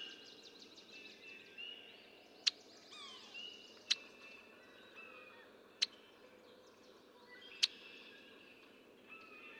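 Red-winged blackbird giving sharp, clicking check notes about every two seconds, over a steady chorus of thin whistles and chatter from other birds.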